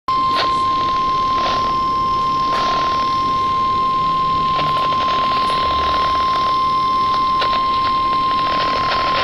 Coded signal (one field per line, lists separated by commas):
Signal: Emergency Alert System (SAME) tones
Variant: 1050 Hz attention tone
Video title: Severe Thunderstorm Warning (EAS 148- poor audio quality)